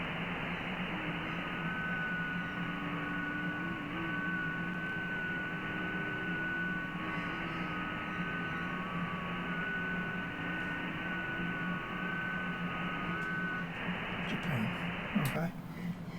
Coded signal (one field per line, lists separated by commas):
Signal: FT8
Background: speech